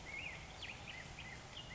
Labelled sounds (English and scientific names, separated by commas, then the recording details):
Black-headed Grosbeak (Pheucticus melanocephalus)
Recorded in Sonoma County, California